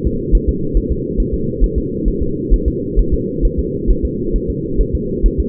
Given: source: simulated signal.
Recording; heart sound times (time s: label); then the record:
fetal heart sounds
0.07 s: S2
0.35 s: S1
0.49 s: S2
0.77 s: S1
0.92 s: S2
1.20 s: S1
1.34 s: S2
1.64 s: S1
1.78 s: S2
2.08 s: S1
2.22 s: S2
2.53 s: S1
2.68 s: S2
2.99 s: S1
3.14 s: S2
3.45 s: S1
3.59 s: S2
3.91 s: S1
4.05 s: S2
4.36 s: S1
4.50 s: S2
4.81 s: S1
4.95 s: S2
5.26 s: S1
5.40 s: S2
From the record:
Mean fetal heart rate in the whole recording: 135 bpm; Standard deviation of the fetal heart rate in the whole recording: 3 bpm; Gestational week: 36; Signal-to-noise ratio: -6.6 dB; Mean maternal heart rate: 72 bpm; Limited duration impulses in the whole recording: present